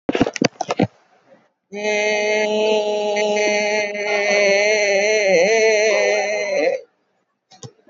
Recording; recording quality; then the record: sustained vowel as in made; excellent, no background noise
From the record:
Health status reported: recovered from COVID-19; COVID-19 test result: positive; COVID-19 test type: RT-PCR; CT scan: taken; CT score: 12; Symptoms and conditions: cough, fever, fatigue, another condition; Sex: female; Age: 65 years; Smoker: no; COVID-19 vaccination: both doses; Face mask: not worn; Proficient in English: yes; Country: India